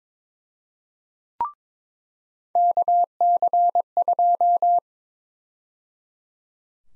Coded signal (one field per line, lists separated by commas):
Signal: Morse code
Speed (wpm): 22 wpm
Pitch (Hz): 700 Hz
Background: none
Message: KC2